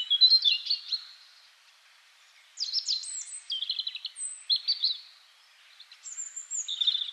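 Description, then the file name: European robin delivering three separate liquid, twittering phrases with thin, very high whistled notes, broken by short silent gaps. "Erithacus rubecula"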